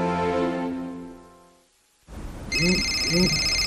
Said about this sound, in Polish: O, telefon z przychodni. To pewnie nasza teleporada. Kochanie, odbierzesz?